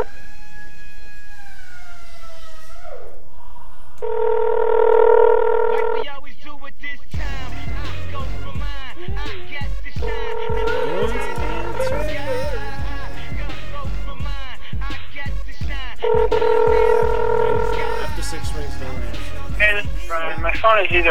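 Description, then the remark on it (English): A house phone's dialing tones: three long, steady electronic tone bursts at a mid pitch, repeating at even intervals over a busy, noisy background. “Laugh, but this is the house phone. Call.”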